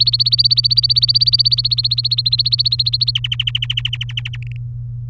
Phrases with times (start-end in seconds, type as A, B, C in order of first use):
0.00-3.11 A, 3.15-4.37 B, 4.42-4.57 C